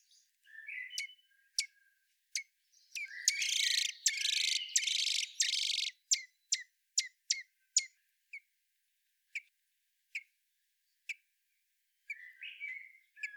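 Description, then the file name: Common blackbird giving clicking chinks and soft chatter, with a loud harsh rushing burst in the middle, then spaced chinks continuing. "Turdus merula"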